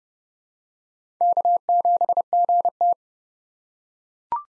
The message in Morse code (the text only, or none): K7GT